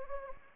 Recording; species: mosquito wingbeat signal from an infrared sensor; Anopheles gambiae